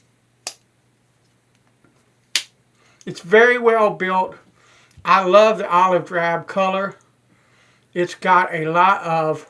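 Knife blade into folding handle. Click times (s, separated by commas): 0.5 s, 2.4 s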